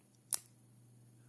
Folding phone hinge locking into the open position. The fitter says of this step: So when you open it up, you hear that click.